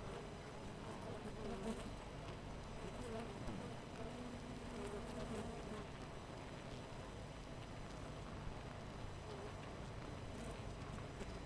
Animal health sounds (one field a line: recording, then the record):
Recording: honeybee colony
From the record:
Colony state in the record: missing queen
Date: 14 July 2017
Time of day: 5:22